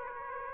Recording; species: mosquito wingbeat signal from an infrared sensor; Aedes aegypti